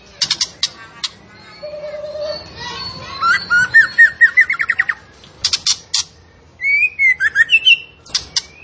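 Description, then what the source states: Songbird (tembakan): songbird song: sharp high chips, a low whistled note, then a fast series of rising trilled notes and bright whistled phrases broken by short pauses. Tembakan songbird described as gacor, actively and energetically singing; used as masteran for training.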